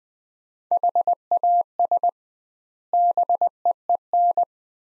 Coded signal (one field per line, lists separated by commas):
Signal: Morse code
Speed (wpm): 20 wpm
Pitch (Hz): 700 Hz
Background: none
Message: HAS BEEN